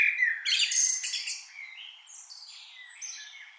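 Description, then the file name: Common blackbird phrase: warbled fluting notes, then fading high thin twittering. "Turdus merula"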